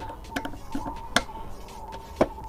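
On a Bajaj Pulsar N250 motorcycle's 14-litre fuel tank, the fuel filler cap is unlocked with the key and opens easily. Light taps come first, then a sharp click at 1.2 s as the cap releases, with another clack near 2.2 s. No one talks.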